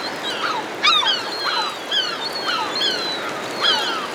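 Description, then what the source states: Herring gulls calling, several overlapping harsh, downslurred cries and yelps in quick succession over a steady outdoor hiss. Several herring gulls hovering overhead.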